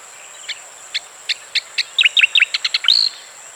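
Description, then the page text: Striated grassbird song: a run of short, sharp chipping notes that speeds up, then ends in a clear rising whistle, over a steady high-pitched hiss. "Striated Grassbird Song. Quick Sounds"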